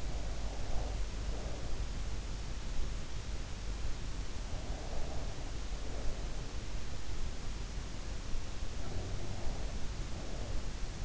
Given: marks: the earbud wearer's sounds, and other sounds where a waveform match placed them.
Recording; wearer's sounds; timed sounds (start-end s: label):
sounds in sleep by an in-ear microphone; breath
0.00-1.92 s: breath
4.23-6.42 s: breath
8.51-11.05 s: sound from someone else or the room
8.78-11.05 s: breath